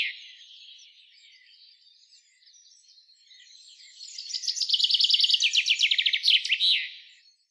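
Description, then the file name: Common chaffinch song: faint high twittering at first, then one loud rattling trill that closes with a sharp flourish. "Fringilla coelebs"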